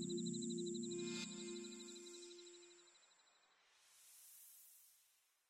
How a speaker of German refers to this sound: Und die Heuschrecken singen in warmen Sommernächten auf der Wiese ihr Abendlied.